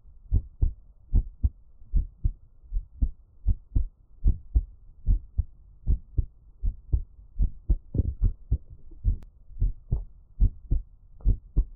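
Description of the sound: A Taiwanese ASMR heartbeat, heard close up with no talking: steady, soft low thumps in paired beats, about 74 a minute. Each beat has a fuller first sound followed by a lighter second one. A faint hum sits underneath.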